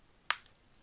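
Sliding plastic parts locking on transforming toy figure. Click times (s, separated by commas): 0.3 s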